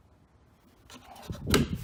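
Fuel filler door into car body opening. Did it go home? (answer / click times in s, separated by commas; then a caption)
yes / 1.5 s. A black fuel filler door on a Chevrolet Camaro is lined up by its tab and groove, then pushed forward into the car body opening. Quiet handling and rubbing noises build from about 0.9 seconds until a sharp snap at 1.6 seconds, when the door seats in place.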